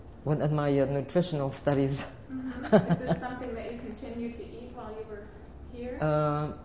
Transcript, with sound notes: in my nutritional studies. (She laughs.)
Is this something you continued to eat while you were here?